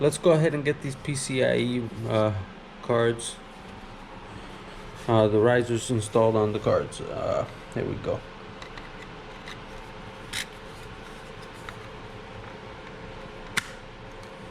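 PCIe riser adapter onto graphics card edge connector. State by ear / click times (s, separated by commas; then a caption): seated / 11.7 s, 13.6 s. Someone talks while a PCIe riser adapter board is pressed onto a graphics card's edge connector for a six-GPU mining rig, with faint handling sounds after the talk. A small snap is heard at 11.7 s, then a sharper click at 13.6 s as the small locking mechanism locks the riser in place, leaving it seated.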